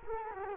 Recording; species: mosquito wingbeat signal from an infrared sensor; Culex quinquefasciatus